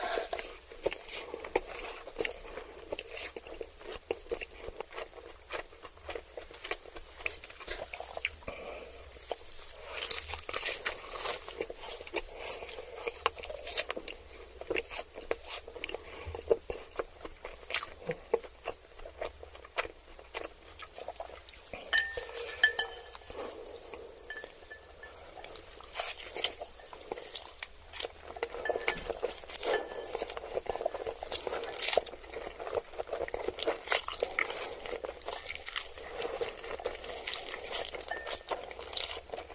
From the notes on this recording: Eating ramen noodles and chicken nuggets